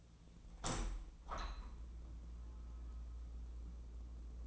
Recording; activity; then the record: daily activity, microphone in the room; open window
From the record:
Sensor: 1